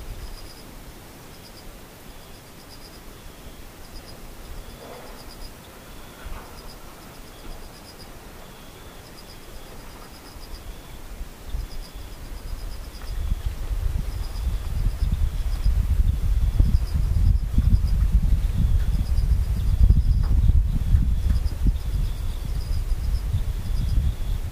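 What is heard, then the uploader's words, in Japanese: A near-silent outdoor scene with faint insects chirping far off, their thin, high, evenly pulsed calls repeating steadily throughout. After about 13 seconds a low, rumbling noise like wind swells up and stays louder through the end. 無音たまにセミムシ。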